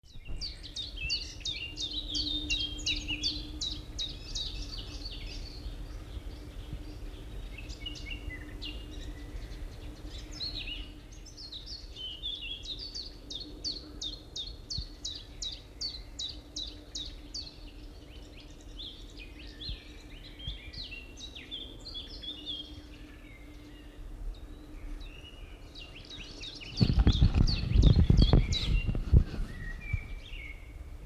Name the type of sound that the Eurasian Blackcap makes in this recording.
song